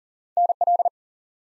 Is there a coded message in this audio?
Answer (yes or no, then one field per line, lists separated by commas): yes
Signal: Morse code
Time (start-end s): 0.4-0.9 s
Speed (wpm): 39 wpm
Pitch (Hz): 700 Hz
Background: none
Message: NL